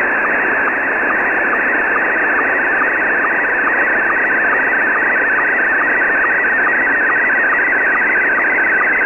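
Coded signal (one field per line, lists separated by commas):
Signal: SSTV (slow-scan television)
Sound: warbling tone shifting between pitches with regular short low sync blips, over hiss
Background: radio static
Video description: Here are 3 images transmitted in a row from Pee Wee Pirate Shortwave Radio on 6955Khz LSB.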